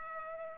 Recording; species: mosquito wingbeat signal from an infrared sensor; Culex pipiens